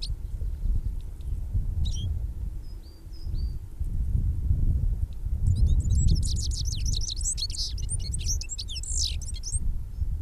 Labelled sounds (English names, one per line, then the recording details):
Citril Finch song
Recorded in the wild
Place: Garmisch-Partenkirchen, Bayern, DE
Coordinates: 47.5072, 11.1436
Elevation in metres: 1729
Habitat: mountains
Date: 1967-03-26
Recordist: Tretzel, Erwin
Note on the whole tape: Wank: Gesang. Als Zitronenfink beschrieben